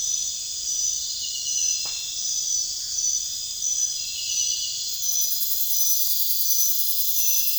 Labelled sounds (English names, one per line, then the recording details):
none
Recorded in pastures near Puerto Asís, Putumayo, Colombia, on 22 June 2025 at 23:30
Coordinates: 0.466, -76.322
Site GP07